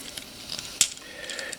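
The forearm of a plastic Optimus Prime toy figure is rotated to tuck under the arm, after the arm has been pulled back at the shoulder during transformation. Light plastic handling ticks lead up to a sharp snap at 0.8 s. The forearm seats into its lined-up position.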